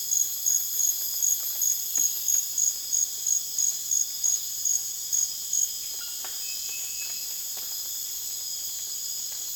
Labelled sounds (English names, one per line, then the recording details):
none
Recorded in dense forest near Puerto Asís, Putumayo, Colombia, on 24 June 2025 at 23:30
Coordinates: 0.484, -76.325
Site H65